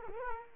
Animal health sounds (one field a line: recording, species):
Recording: mosquito wingbeat signal from an infrared sensor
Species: Culex quinquefasciatus